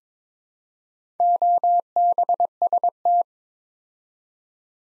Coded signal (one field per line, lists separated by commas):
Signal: Morse code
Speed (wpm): 22 wpm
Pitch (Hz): 700 Hz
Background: none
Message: OBST